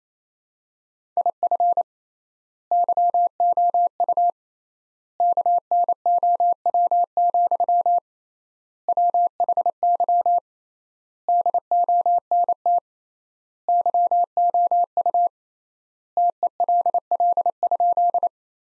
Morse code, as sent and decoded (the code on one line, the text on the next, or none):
.. ..-. / -.-- --- ..- / -.- -. --- .-- --..-- / .-- .... -.-- / -.. --- -. - / -.-- --- ..- / - . .-.. .-.. ..--..
IF YOU KNOW, WHY DONT YOU TELL?